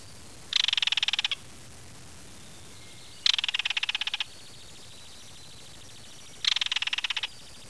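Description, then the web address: Kingfisher giving harsh, dry rattles: three short bursts of rapid clicking notes, each about a second long, spaced about three seconds apart over a steady background hiss. "tenaya. kingfisher"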